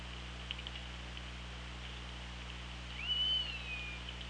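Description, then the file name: Killer whale call: one rising tonal cry that levels into a steady whistle and trails off, heard near the end after quiet background hiss and hum. Recorded on the OrcaLab hydrophone, 24 August 2017, at 18:05. "Orca Lab UTLN JASON 20170824 180539"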